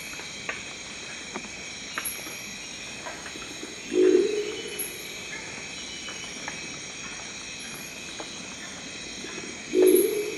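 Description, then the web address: Crested owl, a low, rough, growling hoot given twice about six seconds apart, with steady hiss and faint scattered clicks between calls. "Crested owl. صدای-جغد-کاکلی"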